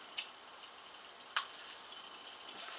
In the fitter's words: push in that little tab until it clicks fiddle around with it like crazy there